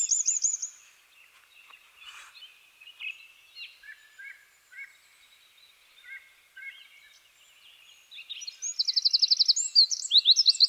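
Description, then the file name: Eurasian wren song: a brief high trill, then quiet chirps and pauses, ending in a loud, very fast high-pitched trill. "Troglodytes troglodytes"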